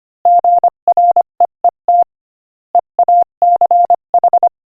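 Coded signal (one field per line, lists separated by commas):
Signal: Morse code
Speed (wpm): 25 wpm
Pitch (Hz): 700 Hz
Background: none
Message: GREET EACH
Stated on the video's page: Morse code practice at 25 wpm, sending a joke.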